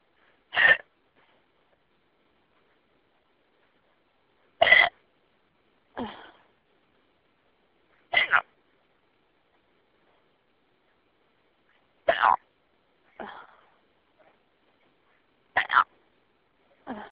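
An adult's sharp, abrupt hiccups about every four seconds, some followed by a softer trailing catch, heard over a phone line.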